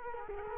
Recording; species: mosquito wingbeat signal from an infrared sensor; Culex quinquefasciatus